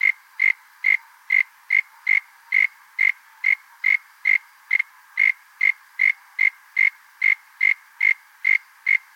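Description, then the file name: Frog giving a long steady series of short sharp croaks, roughly two to three each second, evenly spaced throughout. Australia; species unidentified. "ANIMAL FROG 01 UNKNOWN AUSTRALIAN 02"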